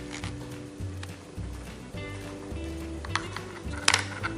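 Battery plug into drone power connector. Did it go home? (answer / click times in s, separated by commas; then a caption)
yes / 3.9 s. A flight battery lead is plugged into the power connector of a racing drone while music plays and someone talks. The connector has a latch that holds it, and the strongest sharp click at 3.9 s is the battery connector locking in, seated and confirmed.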